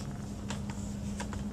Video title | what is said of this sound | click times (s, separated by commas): Nôi em bé Graco Playard Nappe - HDSD | I'm going to insert them down and I'll hear a snap on both sides I | 0.5 s, 1.3 s